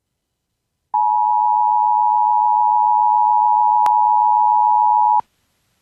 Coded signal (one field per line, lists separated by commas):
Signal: Emergency Alert System (SAME) tones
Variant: 853 and 960 Hz attention tone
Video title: The 6th And Final Relay Of TOA #711 EAS #551